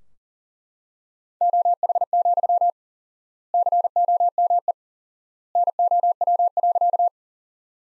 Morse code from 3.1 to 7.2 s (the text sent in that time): COME NOW.